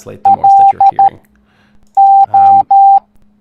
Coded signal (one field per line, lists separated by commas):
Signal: Morse code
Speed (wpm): 13 wpm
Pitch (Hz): 790 Hz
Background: speech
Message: L O